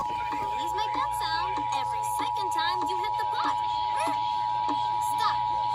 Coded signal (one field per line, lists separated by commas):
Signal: Emergency Alert System (SAME) tones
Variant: 853 and 960 Hz attention tone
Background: speech